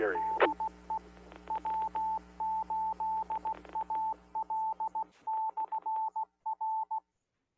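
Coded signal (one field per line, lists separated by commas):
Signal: Morse code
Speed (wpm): 16 wpm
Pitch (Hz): 880 Hz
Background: speech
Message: DE W8AL/R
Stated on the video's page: Club monthly meeting net on a 146.790 MHz repeater, minus offset, 141.3 Hz CTCSS tone.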